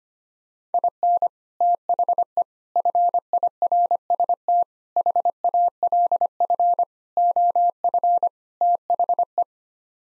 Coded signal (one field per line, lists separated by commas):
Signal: Morse code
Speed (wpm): 25 wpm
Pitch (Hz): 700 Hz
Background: none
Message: IN THE FIRST HALF OF THE